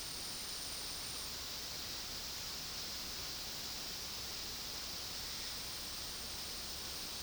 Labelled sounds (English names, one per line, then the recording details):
none
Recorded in dense forest near Puerto Asís, Putumayo, Colombia, on 18 February 2024 at 11:30
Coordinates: 0.481, -76.318
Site G6421